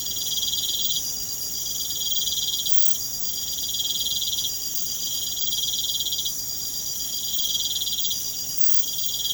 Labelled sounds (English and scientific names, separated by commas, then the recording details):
none
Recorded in pastures near Puerto Asís, Putumayo, Colombia, on 29 June 2025 at 02:30
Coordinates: 0.472, -76.331
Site G095